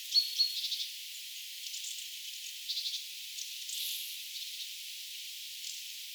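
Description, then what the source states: Mistle thrush dry rattle calls, a sharp burst at the start followed by several softer churring rattles over a faint hiss. Recorded 7 October 2024.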